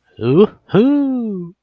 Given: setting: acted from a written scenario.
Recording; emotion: vocal sound without words; contentment